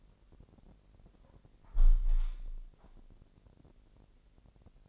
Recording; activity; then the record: daily activity, microphone in the room; close window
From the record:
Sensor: 5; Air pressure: 1000.4 hPa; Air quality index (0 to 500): 248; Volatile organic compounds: 35 ppm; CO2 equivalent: 3058 ppm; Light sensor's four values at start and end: 34/78/31/29 and 34/78/31/29